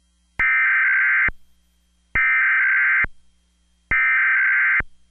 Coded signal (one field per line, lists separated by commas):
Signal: Emergency Alert System (SAME) tones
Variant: header bursts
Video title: EAS REQUIRED MONTHLY TEST